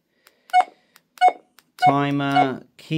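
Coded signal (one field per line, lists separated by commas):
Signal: none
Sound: radio key beeps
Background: speech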